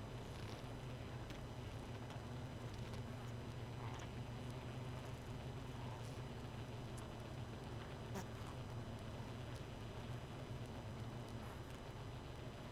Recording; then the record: honeybee colony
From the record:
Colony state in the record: missing queen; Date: 31 May 2018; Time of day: 1:28